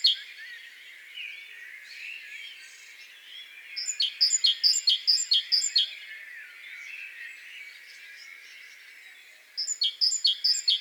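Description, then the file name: Great tit sounding a fast series of sharp, repeated high notes, one run midway and another starting near the end, over a dense background bird chorus. "Parus major"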